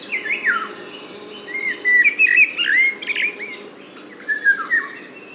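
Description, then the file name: Eurasian golden oriole singing fluty, whistled phrases that swoop down and up, several in quick succession with short pauses between them. "loriot"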